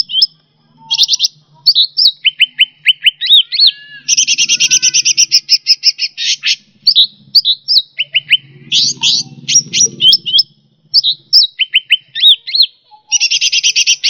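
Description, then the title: Bird song, a lively medley of high chirps, fast buzzy trills and down-slurred whistles in quick bursts. "SuaraBurung Kicau4"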